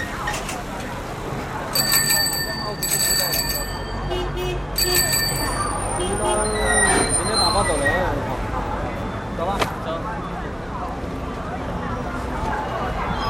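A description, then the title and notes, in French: Bicycle bells ring out in bright, repeated bursts around two to three seconds and again near five seconds, over a constant murmur of voices and street traffic. Speech runs throughout, with a vendor-like call around seven to eight seconds and a sharp click near nine and a half. Rues de Pékin.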